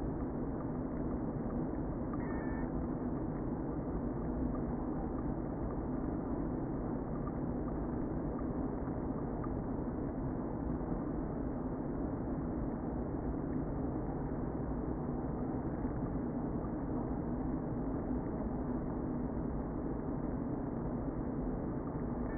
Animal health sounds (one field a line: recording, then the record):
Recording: honeybee colony, microphone inside the hive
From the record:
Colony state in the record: queen present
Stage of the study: before two queens were removed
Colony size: about 60,000 bees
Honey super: yes